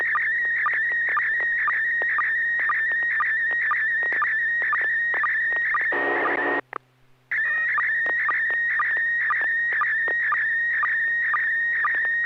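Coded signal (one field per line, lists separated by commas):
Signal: SSTV (slow-scan television)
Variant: PD120 mode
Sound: warbling high tone with a steady rhythmic low chirp about twice a second, brief noisy gap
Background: low hum, brief static burst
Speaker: Roger that I am ready uh this is uh PD one [Music] 20 [Music] e [Applause] [Music] d [Music] n6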